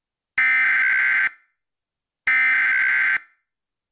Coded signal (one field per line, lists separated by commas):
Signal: Emergency Alert System (SAME) tones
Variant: header bursts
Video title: Civl Danger Warning in Hawaii!!! [EAS Re-Make] [EAS Mock]